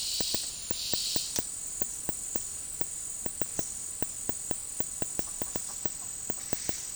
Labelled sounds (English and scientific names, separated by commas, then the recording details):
none
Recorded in dense forest near Puerto Asís, Putumayo, Colombia, on 19 February 2024 at 14:30
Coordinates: 0.503, -76.322
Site G6418